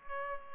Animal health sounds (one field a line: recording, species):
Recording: mosquito wingbeat signal from an infrared sensor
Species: Culex pipiens